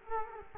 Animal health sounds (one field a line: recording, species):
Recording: mosquito wingbeat signal from an infrared sensor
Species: Culex quinquefasciatus